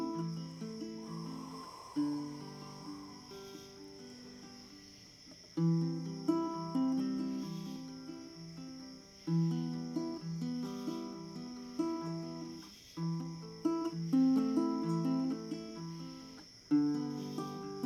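A steady high cricket-like drone runs beneath plucked string notes that repeat in bright cycles, with stronger attacks near 2, 5.5, 9, 13 and 16.5 seconds.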